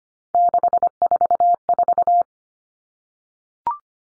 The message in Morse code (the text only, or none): 644